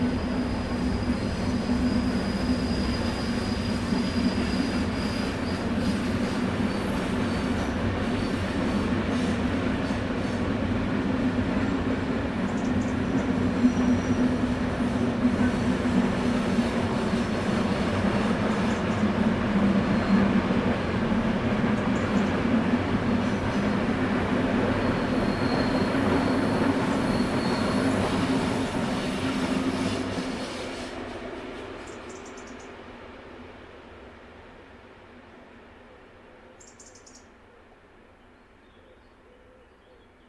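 An old-fashioned locomotive rumbles with a dense, steady low drone and faint clatter for thirty seconds, then fades away into near silence.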